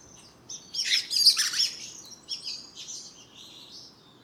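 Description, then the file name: Common blackbird call: a burst of loud, harsh, high chattering notes that trails off into softer, thinner chirps, with quiet background hiss. "Turdus merula"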